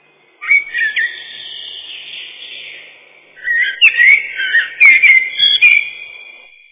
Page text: Черный дрозд — Turdus merula